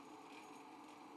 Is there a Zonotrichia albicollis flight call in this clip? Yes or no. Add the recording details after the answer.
no. No flight call is heard. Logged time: 04:29 on 5 December 2014